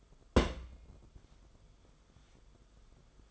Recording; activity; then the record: daily activity, microphone in the room; place on stove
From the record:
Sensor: 5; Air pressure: 994.6 hPa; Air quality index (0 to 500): 188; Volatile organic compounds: 1000 ppm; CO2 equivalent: 5531 ppm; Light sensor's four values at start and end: 43/131/52/56 and 44/132/52/57